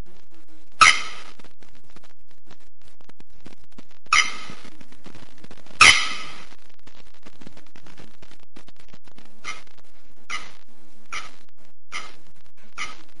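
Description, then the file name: Bearded Bellbird calls: three loud, widely spaced clanging notes, then a steady series of softer notes repeated about every second. "Canto da araponga do nordeste"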